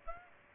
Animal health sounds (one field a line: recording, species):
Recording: mosquito wingbeat signal from an infrared sensor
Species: Aedes aegypti